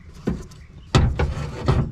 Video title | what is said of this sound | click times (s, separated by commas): Ford F150 crew cab back door locks aren't working!!! Lets replace the harness! | plug it in until it clicks | 1.0 s